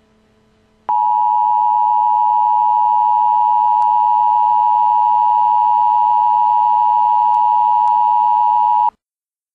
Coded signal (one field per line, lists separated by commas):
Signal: Emergency Alert System (SAME) tones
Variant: 853 and 960 Hz attention tone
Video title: EAS: Fire Warning for Guymon, OK